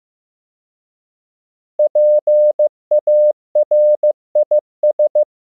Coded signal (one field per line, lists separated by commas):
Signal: Morse code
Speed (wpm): 15 wpm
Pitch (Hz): 600 Hz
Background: none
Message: PARIS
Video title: Morse Code Practice — World Capitals, 15 WPM